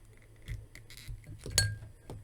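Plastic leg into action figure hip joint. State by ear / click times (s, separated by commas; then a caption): not seated / none. Someone pushes a detached plastic leg back into the hip joint of a McFarlane Batman of Earth-11 The Drowned action figure, making faint plastic taps and rubbing, with a sharper tick near 1.6 s. The leg does not snap into place, so nothing has seated or clicked yet.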